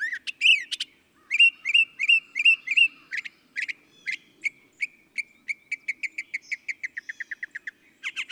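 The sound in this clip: Northern mockingbird song moving through phrases: rising whistles, a string of repeated chirps, then a fast, steady series of short clipped notes.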